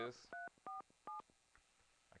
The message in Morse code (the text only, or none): none